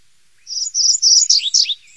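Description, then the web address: MacGillivray's warbler song: a quick, high, buzzy-chipping phrase of rolling notes lasting just over a second, ending in sharper slurred notes. "Songs of Birds of North America Stokes. Mac Gillivrays Warbler"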